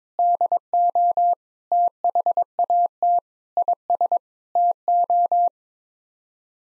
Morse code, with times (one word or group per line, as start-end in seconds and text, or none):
0.2-1.3 DO
1.7-3.2 THAT
3.6-4.2 IS
4.6-5.5 TO